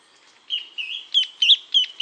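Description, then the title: Ferruginous antbird calling: a quick series of six clipped, slightly buzzy notes around mid-high pitch, evenly spaced, over a steady high tone. "LuckyPassaro Completos2Sama. Ferruginous Antbird (Drymophila ferruginea)"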